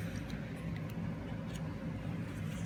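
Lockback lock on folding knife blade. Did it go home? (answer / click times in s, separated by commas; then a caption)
no / none. An Ozark Trail Timber Rattler folding knife is handled as its blade is opened toward the lockback lock, over a steady low rumble like a nearby vehicle with faint brief ticks near 0.8 s and 2.7 s. The lockback has not yet clicked or locked the blade open.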